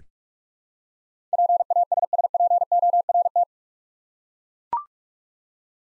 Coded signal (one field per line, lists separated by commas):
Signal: Morse code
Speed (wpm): 41 wpm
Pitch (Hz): 700 Hz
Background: none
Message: PASSPORT